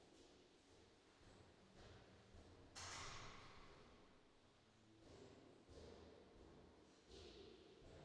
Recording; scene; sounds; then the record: everyday scene through a hearing-aid microphone; reverberant space; background noise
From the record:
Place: staircase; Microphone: in the ear canal, left